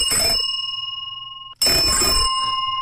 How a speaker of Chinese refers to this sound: 这是英国生产的，它的牌子叫卢卡斯。 卢卡斯， 卢卡斯。 这个车铃挺大， 首班铃里头它是大号的， 大号首班铃， 大号首班铃、 啊，没有十厘米，反正也得有七八厘米。 对， 这个响动是不是特别大？